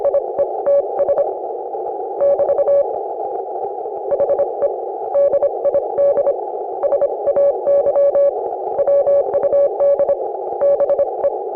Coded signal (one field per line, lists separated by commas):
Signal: Morse code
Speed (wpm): 26 wpm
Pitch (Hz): 560 Hz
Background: none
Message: IETS <BT> HE DID SAY WUD BE